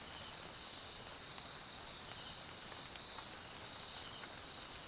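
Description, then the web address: Cricket chorus forms a continuous high pulsed trill beneath light rainfall, with scattered drip clicks. South African crickets recorded in the Mkhaya jungle, Swaziland, at night during rain. "GDC 2018-Game Audio Bundle Tonschliff - SOUTH AFRICAN CRICKETS BG Swaziland Mkhaya Jungle Night Rain"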